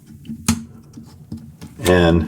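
The second sealed port hatch, covering the micro SD card reader and USB-C port on a Getac ZX10 rugged tablet, is unlatched and opened. Amid soft handling noises, a loud sharp pop sounds at 0.5 s as the latch releases and the hatch opens. Someone talks near the end.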